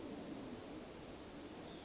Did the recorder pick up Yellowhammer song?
yes